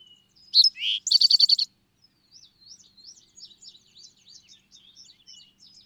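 Bird song: a few loud, high chirps and a quick burst of rapid clicking notes, then softer, thin twittering phrases that continue to the end.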